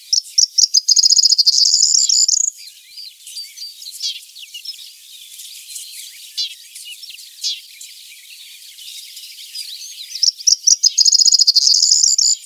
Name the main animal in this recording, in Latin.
Emberiza calandra